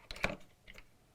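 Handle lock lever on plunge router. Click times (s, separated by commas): 0.2 s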